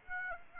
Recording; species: mosquito wingbeat signal from an infrared sensor; Aedes aegypti